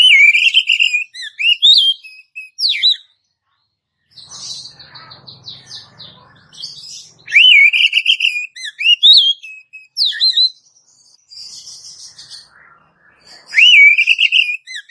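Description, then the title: Oriental magpie-robin singing loud whistled phrases with a long steady note then rising and falling slurs, repeated in bursts with quiet gaps and a faint low hum between. "Kacer"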